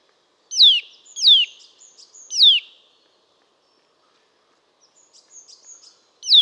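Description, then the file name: Eurasian nuthatch with three quick descending calls, a pause then soft high chirps, then another downslurred call at the end. "Sitta europaea"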